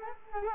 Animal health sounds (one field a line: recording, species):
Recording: mosquito wingbeat signal from an infrared sensor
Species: Culex quinquefasciatus